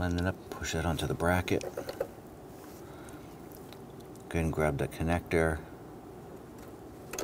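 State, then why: Seated. On a 2017-2020 Hyundai Elantra 2.0L, the downstream oxygen sensor's plastic wiring connector is pushed onto its mating vehicle wiring harness connector while someone talks. Two short clicks at 7.1 s and 7.2 s mark the connector seating.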